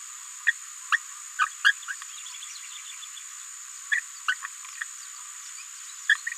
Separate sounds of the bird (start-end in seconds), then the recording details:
0.47-0.52, 0.92-0.96, 1.39-1.46, 1.64-1.72, 3.91-4.00, 4.28-4.34, 4.81-4.83, 6.09-6.15. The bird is a female. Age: 27 days. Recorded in a nest box in Venezuela. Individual 17B73B2